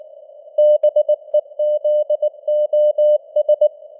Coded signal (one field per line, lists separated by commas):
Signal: Morse code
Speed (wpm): 19 wpm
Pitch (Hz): 600 Hz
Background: none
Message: BEZOS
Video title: Morse Code News | 2025-10-04 | 19wpm